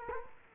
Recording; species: mosquito wingbeat signal from an infrared sensor; Culex quinquefasciatus